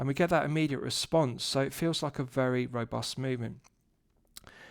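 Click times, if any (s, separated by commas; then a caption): 4.4 s. A man talks for about three and a half seconds, then after a short quiet the metal winding crown of a Pequignet Concorde 40 mechanical wristwatch is pushed back into the case after setting. It seats with a sharp, positive click at 4.4 s, returning the crown to its running position and restoring the watch's 100 m water seal.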